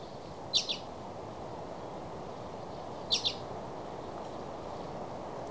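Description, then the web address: Common redpoll giving two short double notes, about two and a half seconds apart, over steady background noise. Nocturnal flight calls in a series, recorded at Lingshan, Beijing, on 20 March 2024 around 05:29. "LINGSHAN. Common Redpoll series. beijing nocturnal flight call library"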